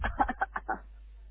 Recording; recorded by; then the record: voluntary cough; telephone call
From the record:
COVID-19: negative